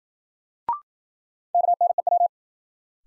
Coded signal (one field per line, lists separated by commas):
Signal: Morse code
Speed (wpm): 52 wpm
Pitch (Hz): 700 Hz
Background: none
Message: KNEW